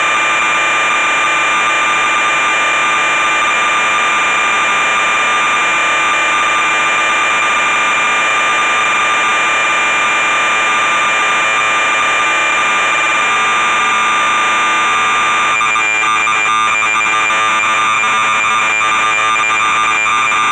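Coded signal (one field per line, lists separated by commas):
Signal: computer data on cassette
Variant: MSX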